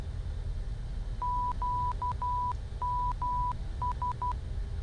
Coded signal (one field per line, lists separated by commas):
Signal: Morse code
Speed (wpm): 12 wpm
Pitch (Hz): 990 Hz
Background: none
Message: QMS